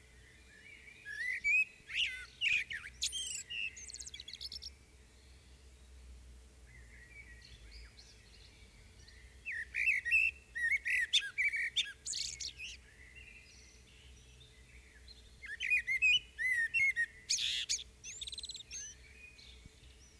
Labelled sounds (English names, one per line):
Common Blackbird song